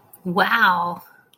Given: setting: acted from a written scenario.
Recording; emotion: vocal sound without words; positive surprise